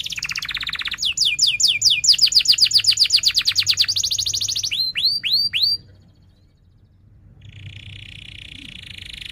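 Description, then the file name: Canary song of quick rattling trills and bright rolling tours ending in several swooping whistled notes, followed by a quiet gap and a faint steady buzzy trill. Canary singing actively (gacor) with chirping cuit-cuit notes and sharp rolling trills (ngerol). "Suara Kenari Gacor Cuit Cuit Ngerol Tajam"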